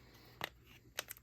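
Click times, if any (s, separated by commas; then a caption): 0.4 s, 1.0 s. The last edge of a blue-outlined SUPCASE UB Pro rubber-bumpered case with thick rubber corners is pressed onto an iPhone Air. Two sharp snaps sound at 0.4 s and 1.0 s, followed by two fainter ticks near 1.1 s and 1.2 s. The case clicks home and is fully seated all the way around the phone.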